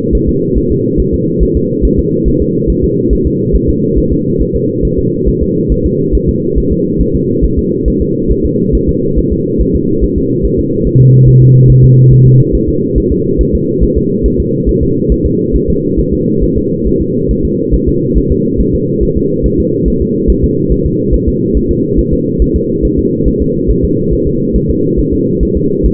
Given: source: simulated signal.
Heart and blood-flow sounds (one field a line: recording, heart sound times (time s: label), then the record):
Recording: fetal heart sounds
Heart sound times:
0.15 s: S1
0.29 s: S2
0.58 s: S1
0.72 s: S2
1.00 s: S1
1.14 s: S2
1.43 s: S1
1.57 s: S2
1.85 s: S1
1.99 s: S2
2.28 s: S1
2.42 s: S2
2.70 s: S1
2.84 s: S2
3.13 s: S1
3.27 s: S2
3.56 s: S1
3.70 s: S2
3.98 s: S1
4.12 s: S2
4.42 s: S1
4.56 s: S2
4.85 s: S1
4.99 s: S2
5.28 s: S1
5.42 s: S2
5.72 s: S1
5.86 s: S2
6.15 s: S1
6.29 s: S2
6.58 s: S1
6.72 s: S2
7.01 s: S1
7.15 s: S2
7.45 s: S1
7.59 s: S2
7.88 s: S1
8.02 s: S2
8.31 s: S1
8.45 s: S2
8.75 s: S1
8.89 s: S2
9.19 s: S1
9.33 s: S2
9.61 s: S1
9.75 s: S2
10.04 s: S1
10.18 s: S2
10.45 s: S1
10.59 s: S2
10.87 s: S1
11.01 s: S2
11.28 s: S1
11.42 s: S2
11.70 s: S1
11.84 s: S2
12.12 s: S1
12.27 s: S2
12.55 s: S1
12.69 s: S2
12.98 s: S1
13.12 s: S2
13.41 s: S1
13.55 s: S2
13.83 s: S1
13.98 s: S2
14.26 s: S1
14.40 s: S2
14.69 s: S1
14.83 s: S2
15.12 s: S1
15.26 s: S2
15.56 s: S1
15.70 s: S2
15.99 s: S1
16.14 s: S2
16.43 s: S1
16.58 s: S2
16.87 s: S1
17.01 s: S2
17.31 s: S1
17.45 s: S2
17.74 s: S1
17.89 s: S2
18.17 s: S1
18.32 s: S2
18.60 s: S1
18.75 s: S2
19.03 s: S1
19.17 s: S2
19.46 s: S1
19.60 s: S2
19.88 s: S1
20.02 s: S2
20.30 s: S1
20.44 s: S2
20.72 s: S1
20.86 s: S2
21.14 s: S1
21.28 s: S2
21.57 s: S1
21.71 s: S2
21.99 s: S1
22.13 s: S2
22.42 s: S1
22.56 s: S2
22.85 s: S1
22.99 s: S2
23.28 s: S1
23.42 s: S2
23.70 s: S1
23.85 s: S2
24.13 s: S1
24.27 s: S2
24.56 s: S1
24.70 s: S2
24.99 s: S1
25.14 s: S2
25.43 s: S1
25.57 s: S2
25.86 s: S1
From the record:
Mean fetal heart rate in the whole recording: 140 bpm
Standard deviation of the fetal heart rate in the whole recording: 2 bpm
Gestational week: 34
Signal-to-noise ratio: -11.2 dB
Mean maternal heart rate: 72 bpm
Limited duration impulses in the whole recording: present